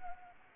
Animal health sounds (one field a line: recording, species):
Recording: mosquito wingbeat signal from an infrared sensor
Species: Anopheles gambiae